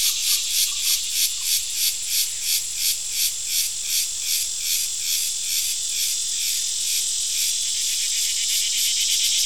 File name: Digiffects Sound Effects Library - Crickets and a Cicada